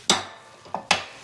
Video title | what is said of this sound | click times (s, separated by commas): Home repair and Maytag Wringer washer update. | Well, that clicked because it locked in place, but | 0.1 s, 0.9 s